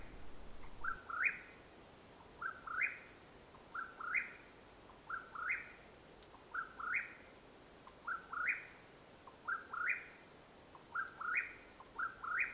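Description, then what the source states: Mexican whip-poor-will giving a series of burry, rising whistled phrases, each with a short introductory note, repeated regularly with faint ticks in the quiet background. Calling at nightfall, Madera Canyon, Arizona, USA, 21 April 2022.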